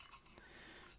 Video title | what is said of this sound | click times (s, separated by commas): Building Steve's Salvo Precision Spear - Twitch Livestream Replay | Push down. Push in. You're going to hear a click. That's all you need to do. | 0.3 s